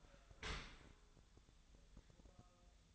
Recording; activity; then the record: daily activity, microphone in the room; open dishwasher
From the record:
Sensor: 3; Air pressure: 1004.7 hPa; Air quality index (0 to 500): 100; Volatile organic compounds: 4 ppm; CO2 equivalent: 1561 ppm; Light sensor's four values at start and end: 7/17/7/7 and 7/17/7/7